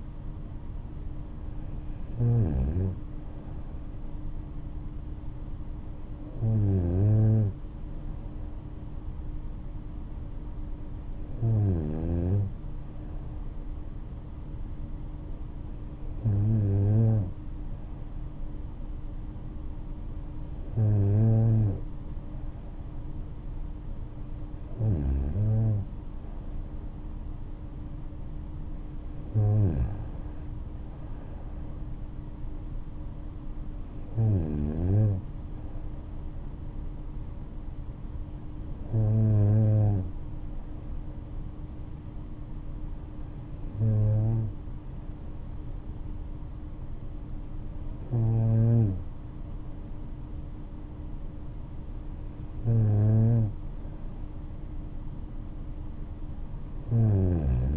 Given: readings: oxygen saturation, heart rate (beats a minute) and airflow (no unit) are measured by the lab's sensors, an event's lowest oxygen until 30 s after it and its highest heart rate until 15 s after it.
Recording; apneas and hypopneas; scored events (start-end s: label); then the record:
breathing in sleep by a smartphone at the bedside; none
none scored
From the record:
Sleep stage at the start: N3 (deep sleep); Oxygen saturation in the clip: 94 to 95%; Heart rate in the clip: 60 to 74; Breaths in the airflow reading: 12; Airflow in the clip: -6.2 to 6.5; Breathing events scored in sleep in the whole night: 228 in 5.4 hours asleep